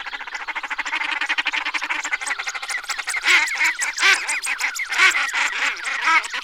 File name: husice-liščí